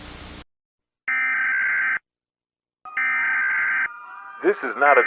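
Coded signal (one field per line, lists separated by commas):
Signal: Emergency Alert System (SAME) tones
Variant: header bursts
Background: speech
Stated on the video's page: Fictional Grimace-themed EAS scenario, simulated alert tones.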